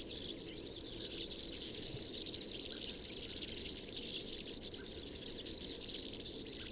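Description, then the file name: European serin pouring out an unbroken high-pitched, tinkling, scratchy twitter throughout, with low background noise beneath. Recorded on 22 January 2017 at Binsham. "Girlitz. Binsham. Susanne Rieck"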